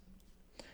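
An alternate squinting-eye head for a MAFEX No.075 Spider-Man (Comic Ver.) action figure is pressed onto the figure's plastic neck joint peg. After a faint tick at 0.2 s, a sharp, bright click sounds at 0.6 s as the head pops on easily and seats over a low, quiet background.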